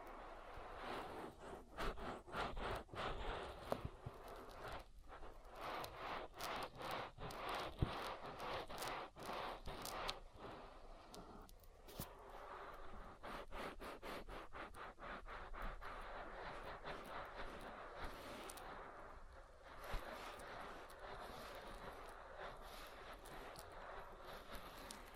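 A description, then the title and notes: Wet rubbing and squishing from an oil ear massage fills the whole recording without pause. Dense bursts of small crackles and clicks come in rapid runs, mixed with a steady soft friction hiss. Volume stays fairly even throughout. ASMR Oil Ear Massage for Deep Relaxation (No Talking).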